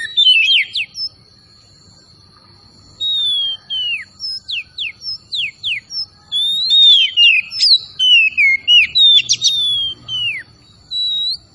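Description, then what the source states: Oriental magpie-robin singing: a series of clear downslurred whistles, then busy twittering and slurred phrases, with a steady thin high tone throughout. Kacer Tretes type, singing vigorously (gacor).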